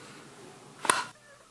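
The built-in focusing helicoid of an Olympus PEN S lens, which is not screwed in, is pressed by hand with body weight into a 3D-printed Leica M mount adapter. Faint handling noise builds to a single sharp click at 0.9 s, followed by a brief rustle and quiet. The helicoid seats fully and fits perfectly in the mount.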